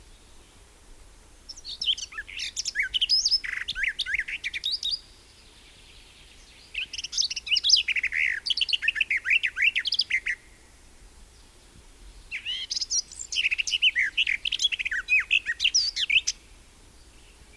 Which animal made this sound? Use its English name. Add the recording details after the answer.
Garden Warbler. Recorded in the wild. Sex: male. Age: adult. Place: Erlangen, Bayern, DE. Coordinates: 49.5644, 11.0131. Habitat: forest. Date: 1963-05-31. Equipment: Nagra, AKG D19/200, Parabol, Original, Vollspur. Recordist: Tretzel, Erwin. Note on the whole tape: Gartengrasmücke Ia: Brucker Lache, Ende Mai 1963, zum Sort. II (siehe Datenbank-Feld "Anmerkungen")